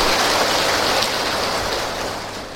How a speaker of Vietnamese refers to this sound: Xin quý vị cho một tràng pháo tay để chúc mừng.